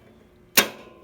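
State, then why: Seated. A cooling-system pressure tester cap adapter is placed on a car radiator filler neck like a regular radiator cap and twisted on. A single sharp, broadband click at 0.6 s, rising well above a quiet background and decaying quickly, marks it locking into place, seated on the neck.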